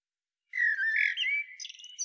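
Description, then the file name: Common blackbird song phrase: a mellow fluting warble that slides and wavers, trailing off into thin squeaky high notes at the end. "Turdus merula"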